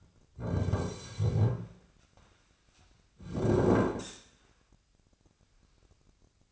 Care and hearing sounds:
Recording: daily activity, microphone in the room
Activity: sit down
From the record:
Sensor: 2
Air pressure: 1009.1 hPa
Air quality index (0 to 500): 170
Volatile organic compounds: 2 ppm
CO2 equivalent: 1242 ppm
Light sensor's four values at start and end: 36/95/40/42 and 31/84/35/38

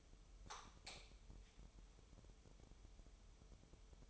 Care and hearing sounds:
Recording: daily activity, microphone in the room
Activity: light on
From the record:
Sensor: 1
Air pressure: 988.4 hPa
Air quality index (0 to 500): 197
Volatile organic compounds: 988 ppm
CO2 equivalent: 5270 ppm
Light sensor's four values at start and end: 8/22/8/10 and 12/37/14/15

